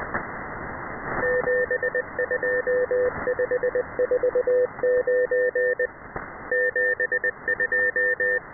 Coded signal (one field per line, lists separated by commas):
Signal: Morse code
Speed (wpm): 20 wpm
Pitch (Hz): 500 Hz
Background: radio noise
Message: 72549 72